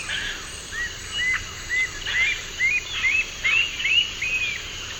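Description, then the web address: Citron-bellied Attila delivering a rising series of several whistled upslurs that step higher. Eastern lowlands of South America. "Natures Songs S America Eastern Lowlands. Citron-bellied Attila"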